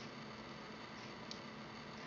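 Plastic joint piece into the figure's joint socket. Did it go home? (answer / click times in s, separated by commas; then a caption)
no / none. A plastic joint piece of a Sideshow Collectibles 1:6 scale Star Wars Scum & Villainy IG-88 robot action figure is handled as it is pushed back toward its plastic joint socket. Steady broadband hiss runs throughout, with one faint short tick at about 1.3 s. The piece has not seated or clicked into place yet.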